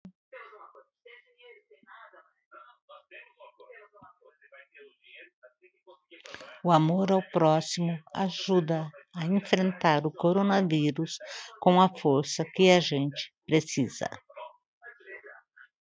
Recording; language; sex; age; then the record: spoken sentence; Brazilian Portuguese; female; 50 to 59 years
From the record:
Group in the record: control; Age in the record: 58 years